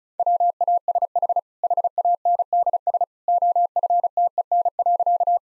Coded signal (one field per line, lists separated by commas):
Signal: Morse code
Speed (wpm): 34 wpm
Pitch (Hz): 700 Hz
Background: none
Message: WASH HANDS OFTEN.